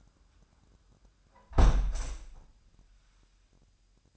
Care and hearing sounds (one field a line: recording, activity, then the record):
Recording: daily activity, microphone in the room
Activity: close window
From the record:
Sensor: 2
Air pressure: 998.4 hPa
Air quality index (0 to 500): 125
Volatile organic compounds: 3 ppm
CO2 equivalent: 1415 ppm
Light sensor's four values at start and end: 6/15/6/7 and 6/14/6/6